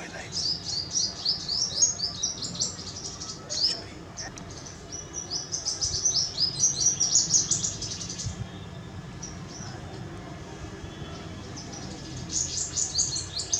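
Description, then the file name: Purple sunbird giving rapid, thin, high twittering chirps in bursts, with a long pause after about eight seconds before resuming, over steady low background noise. "Purple sunbird"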